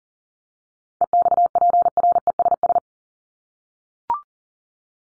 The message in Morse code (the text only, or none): EXPRESS